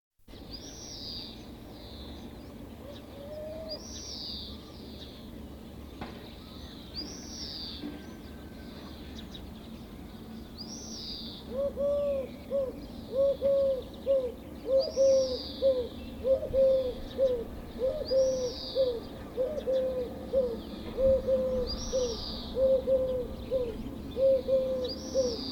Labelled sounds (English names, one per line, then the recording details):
Eurasian Collared Dove
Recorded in the wild
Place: Bergen, Gartenstraße 21, Mecklenburg-Vorpommern, DE
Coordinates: 54.41, 13.43
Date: 1969-04-04
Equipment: NAGRA III BH, Sennheiser MD 421
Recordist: Schubert, Michael